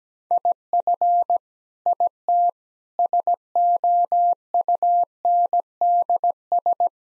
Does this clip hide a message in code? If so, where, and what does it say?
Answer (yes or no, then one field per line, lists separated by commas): yes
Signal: Morse code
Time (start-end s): 0.3-6.9 s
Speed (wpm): 17 wpm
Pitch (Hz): 700 Hz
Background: none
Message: IF IT SOUNDS